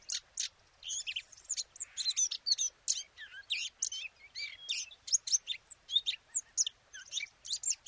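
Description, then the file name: Eurasian blackcap warbling in a dense, continuous stream of quick chirps, twitters and short whistled slurs, with brief pauses between bursts. "Sylvia atricapilla"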